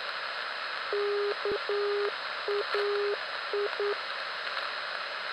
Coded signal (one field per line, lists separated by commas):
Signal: Morse code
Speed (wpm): 9 wpm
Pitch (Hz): 410 Hz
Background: none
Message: KAI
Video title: 340 kHz Utti KAI ( -.- .- .. )